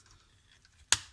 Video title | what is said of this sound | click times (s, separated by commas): Transformers Power of the Primes - Predaking Review Part 1 | this bit forward here that's click into place like | 0.9 s